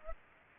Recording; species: mosquito wingbeat signal from an infrared sensor; Aedes aegypti